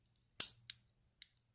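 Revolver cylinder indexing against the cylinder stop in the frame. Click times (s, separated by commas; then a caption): 0.4 s, 0.7 s, 1.2 s. The 22 LR cylinder of a snub-nose revolver is turned so the cylinder stop in the frame snaps into each notch, locking it into place with hardly any shake. Sharp clicks are heard at 0.4 s (the loudest, with a short ringing tail), 0.7 s and 1.2 s, with two faint ticks before the first. The cylinder indexes with positive clicks and locks in place.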